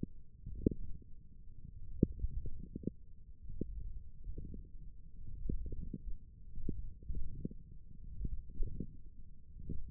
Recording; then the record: forearm muscle sounds (acoustic myography)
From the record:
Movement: wrist flexion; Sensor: system 1, eight BSWA MPA416 microphones around the upper forearm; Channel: 4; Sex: male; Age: 21 years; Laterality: right